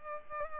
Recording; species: mosquito wingbeat signal from an infrared sensor; Culex pipiens